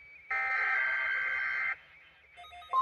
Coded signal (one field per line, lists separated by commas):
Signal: Emergency Alert System (SAME) tones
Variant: header bursts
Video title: EAS Blooper #1 and EAS Required Weekly Test for LOT Illinois and Indiana on NOAA Radios (EAS #7-8)